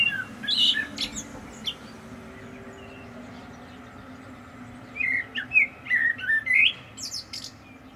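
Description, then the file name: Common blackbird singing two phrases of mellow whistled notes with shrill high flourishes, a quiet gap between them and faint low background hum. "Turdus merula"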